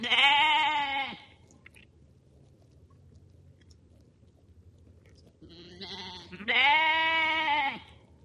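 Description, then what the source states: Sheep bleats: a loud wavering bleat, a pause of several seconds, then softer bleating leading into another loud, long bleat. Lambs.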